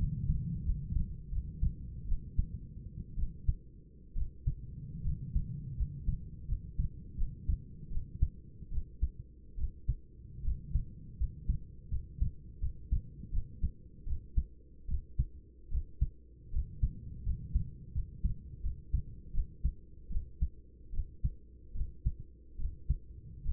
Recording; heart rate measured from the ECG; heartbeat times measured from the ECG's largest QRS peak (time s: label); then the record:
heart sounds by stethoscope; 76 bpm
0.64 s: heartbeat
1.31 s: heartbeat
2.07 s: heartbeat
3.17 s: heartbeat
4.15 s: heartbeat
5.04 s: heartbeat
5.77 s: heartbeat
6.48 s: heartbeat
7.17 s: heartbeat
7.90 s: heartbeat
8.71 s: heartbeat
9.57 s: heartbeat
10.44 s: heartbeat
11.18 s: heartbeat
11.90 s: heartbeat
12.61 s: heartbeat
13.32 s: heartbeat
14.06 s: heartbeat
14.88 s: heartbeat
15.71 s: heartbeat
16.52 s: heartbeat
17.25 s: heartbeat
17.94 s: heartbeat
18.63 s: heartbeat
19.33 s: heartbeat
20.10 s: heartbeat
20.93 s: heartbeat
21.74 s: heartbeat
22.58 s: heartbeat
23.45 s: heartbeat
From the record:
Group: healthy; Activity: rest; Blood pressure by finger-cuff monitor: 115/65 mmHg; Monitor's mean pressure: 82 mmHg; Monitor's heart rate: 79 bpm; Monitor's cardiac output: 8.5 L/min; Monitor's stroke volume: 106 mL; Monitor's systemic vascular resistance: 700 dyn s/cm5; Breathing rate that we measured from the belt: 10 breaths a minute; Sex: male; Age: 24 years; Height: 184 cm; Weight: 89 kg